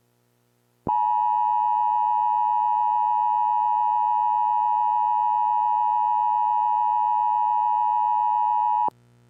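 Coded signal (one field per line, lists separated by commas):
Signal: Emergency Alert System (SAME) tones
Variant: 853 and 960 Hz attention tone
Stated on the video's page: Fictional simulated EAS scenario about radioactive zombies, part two.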